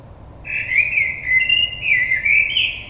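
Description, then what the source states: Common blackbird delivering a sustained fluty warble of linked whistled notes, rising slightly toward the end. Recorded 22 May 2022.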